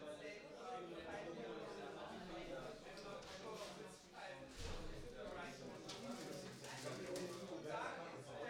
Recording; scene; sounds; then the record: everyday scene through a hearing-aid microphone; many people talking; many voices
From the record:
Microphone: in the ear canal, right